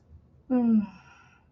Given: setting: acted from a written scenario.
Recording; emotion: vocal sound without words; serenity